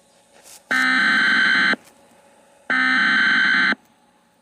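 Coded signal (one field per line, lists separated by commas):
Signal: Emergency Alert System (SAME) tones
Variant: header bursts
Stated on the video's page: Mock Emergency Alert System alert recreating a 1998 Tennessee tornado, using valid SAME tones.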